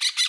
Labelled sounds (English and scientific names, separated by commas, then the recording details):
Brown-throated Parakeet (Eupsittula pertinax) contact call
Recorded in Bonaire
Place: 1 km E of roosting area just N of Seru Largu
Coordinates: 12.199, -68.268